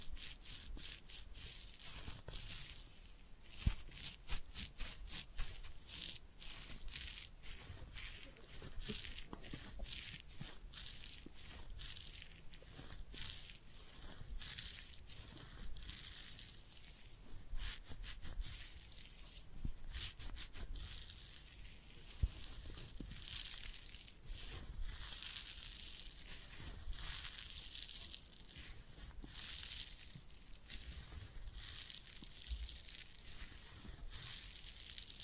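A head massage and ear cleaning with steady, dense crinkling and rubbing, bright scratchy textures, and frequent small sharp clicks throughout.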